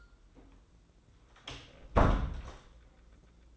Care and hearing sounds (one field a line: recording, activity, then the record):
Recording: daily activity, microphone in the room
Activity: close door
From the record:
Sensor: 3